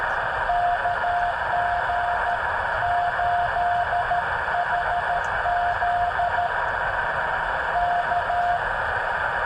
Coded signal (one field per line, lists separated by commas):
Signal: Morse code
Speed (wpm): 14 wpm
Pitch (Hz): 700 Hz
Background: none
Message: KG8HZ K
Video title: a Spring night ~ Yaesu 891 ~ CW QSO ~ SubTitles